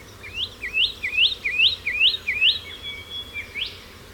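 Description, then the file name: Satin flycatcher giving six quick, upslurred whistles roughly every 0.4 seconds, then a drawn-out thin tone and a final sharp rising note; quiet background. "Myiagra Cyanoleuca"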